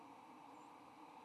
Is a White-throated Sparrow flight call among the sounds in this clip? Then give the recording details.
no. Another species' flight call is heard. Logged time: 01:34 on 15 November 2014